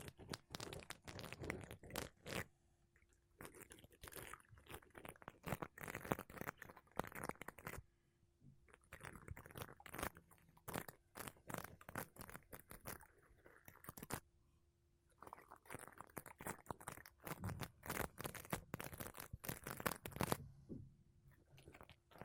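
Makeup brushes and a sponge rub and sweep across a microphone in bursts of dense, scratchy strokes. The brushing comes in quick flurries with short quiet gaps near 3, 8 and 15 seconds, and a faint steady low tone hums underneath throughout.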